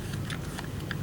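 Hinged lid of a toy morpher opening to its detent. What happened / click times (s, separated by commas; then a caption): The plastic lid is being handled and has not clearly snapped home yet / none. A plastic toy morpher is handled as its hinged lid is being flipped open toward its detent. Small ticks and taps from the plastic are heard around 0.3, 0.6, 0.9 and 1.0 seconds over a steady low background hum. The lid has not yet clicked into its open position.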